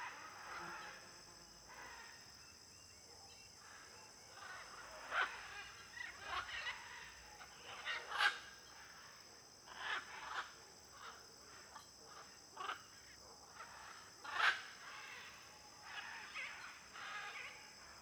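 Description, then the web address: Blue-and-yellow macaw calls: scattered harsh squawks at irregular intervals, over a steady high cricket drone. Flock of macaws in an area with many palm trees, with cricket noise. "Conjunto de Araras em Area de Muitas Palmeiras e ruidos de grilo. etiqueta arara-caninde"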